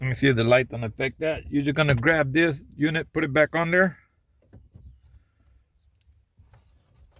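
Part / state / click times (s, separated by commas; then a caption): center dash cup holder unit into dash opening / not seated / none. Someone talks for the first four seconds while the plastic center dash cup holder unit of a 2007–2013 Toyota Tundra SR5 is picked up and placed back into its dash opening. This is followed by quiet, faint handling taps as it is lined up. The unit is only being positioned, and nothing has clicked into place yet.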